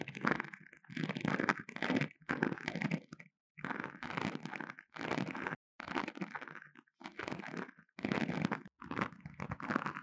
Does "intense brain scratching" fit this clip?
yes